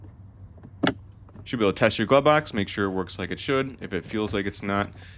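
The soft-open damper arm on a 2021 Chevy Tahoe glove box is pulled out, lined up with its mount on the glove box, and pushed home. It snaps in place with a single sharp click at 0.9 s, and then someone talks.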